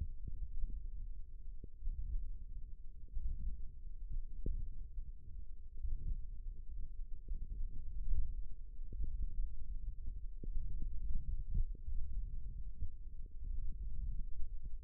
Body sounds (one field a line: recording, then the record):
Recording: forearm muscle sounds (acoustic myography)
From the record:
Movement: index flexion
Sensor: system 1, eight BSWA MPA416 microphones around the upper forearm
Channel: 3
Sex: male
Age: 18 years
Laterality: right